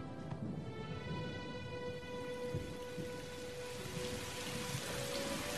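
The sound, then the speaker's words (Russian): Rain begins to fall at a graveside, pattering down in a dense, even hiss with scattered drips, while soft sustained musical tones hum quietly underneath. “Марти одна сидит возле могилы мужа, начинает идти дождь.”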